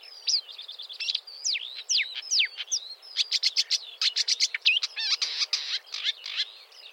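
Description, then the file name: Marsh warbler song: rapid, varied high notes, sweeping whistles giving way to dense buzzy chatter and trills without pause. "suara kicauan burung marsh warbler. omkicau"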